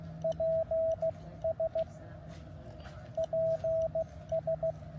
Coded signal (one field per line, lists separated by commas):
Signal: Morse code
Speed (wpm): 17 wpm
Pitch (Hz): 660 Hz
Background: radio noise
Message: PS PS